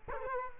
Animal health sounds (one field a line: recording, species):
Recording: mosquito wingbeat signal from an infrared sensor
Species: Culex quinquefasciatus